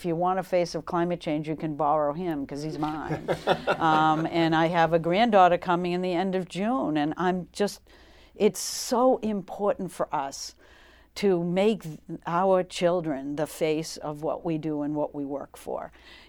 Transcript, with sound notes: And if you want a face of climate change you can borrow him because he’s mine.
[Laughter]
And I have a granddaughter coming in the end of June and I'm just, it’s so important for us to make our children the face of what we do and what we work for.